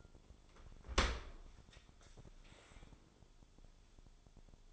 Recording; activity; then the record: daily activity, microphone in the room; open dishwasher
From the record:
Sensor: 5